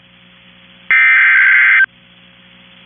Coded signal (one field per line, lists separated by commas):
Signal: Emergency Alert System (SAME) tones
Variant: header bursts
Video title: Severe Thunderstorm Warning | EAS #466